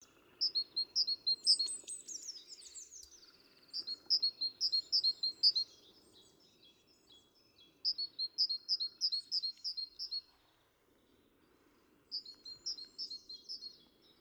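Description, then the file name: Great tit giving bright, high, clipped notes in rapid runs of several notes, four phrases separated by short pauses, over a steady low hum. "Parus major"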